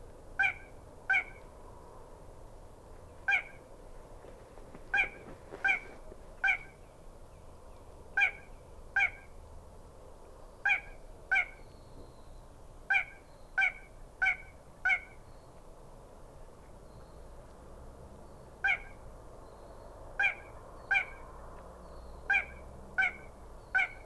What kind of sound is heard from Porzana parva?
song